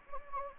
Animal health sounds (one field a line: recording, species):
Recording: mosquito wingbeat signal from an infrared sensor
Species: Anopheles gambiae